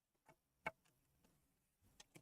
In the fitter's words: There we go. Nice click.